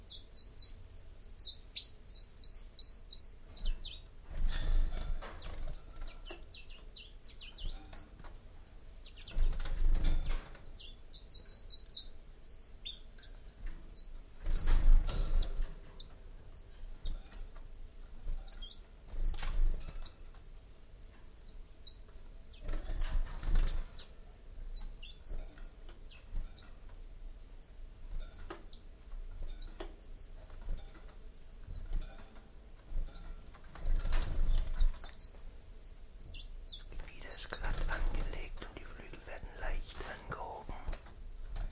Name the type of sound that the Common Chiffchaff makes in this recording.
song